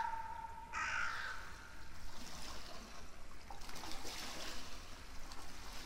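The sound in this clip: Bird uttering a single harsh, hoarse call at the start, followed by steady rushing noise.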